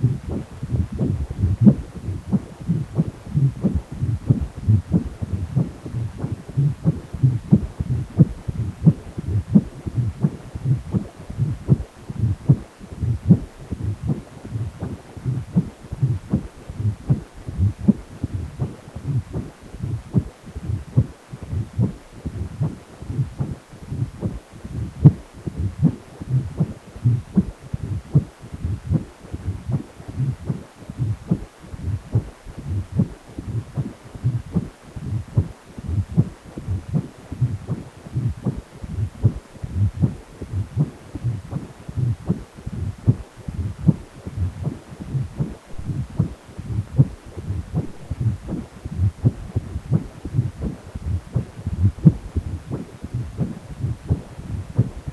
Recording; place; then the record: Doppler ultrasound of blood flow; precordium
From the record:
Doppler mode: continuous wave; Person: healthy adult, 18 to 50 years, no heart murmur, not diving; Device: 2.5 MHz transducer